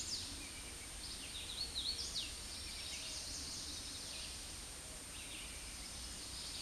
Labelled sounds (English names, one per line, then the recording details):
Hooded Warbler song
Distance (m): 20 m
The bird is about 10 m above the microphone
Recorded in a Pennsylvania forest on 16 May 2024 at 07:36
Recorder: AudioMoth, point MSD-0398
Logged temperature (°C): 16.4 °C
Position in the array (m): 163 m, 95 m